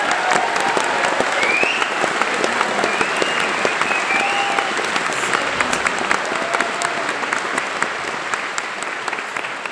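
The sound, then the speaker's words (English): Sustained audience applause after a live cello performance, a dense crackle of many hands clapping steadily for about ten seconds, with a few faint whoops rising above it before it slowly tapers off. “Please give it up.”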